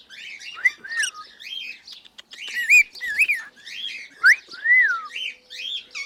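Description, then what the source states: Cockatiel whistling and chirping, clear rising and falling whistled notes mixed with short chirps in an uneven sequence. Pearl colour variety.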